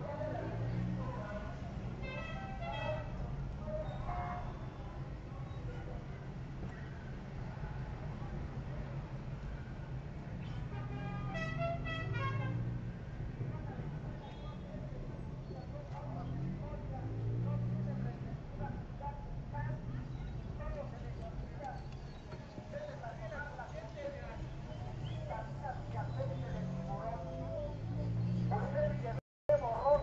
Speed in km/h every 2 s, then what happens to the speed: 10, 11, 12, 10, 11, 9, 8, 8, 8, 9, 8, 5, 7, 10, 12.
0-22 steady at about 9. 22-30 speeds up to 12.